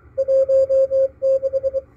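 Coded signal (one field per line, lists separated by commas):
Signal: Morse code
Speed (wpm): 23 wpm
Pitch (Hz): 540 Hz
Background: none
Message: 16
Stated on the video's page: KPH San Francisco coast station, received on a MALAHITEAM DSP-2 SDR receiver.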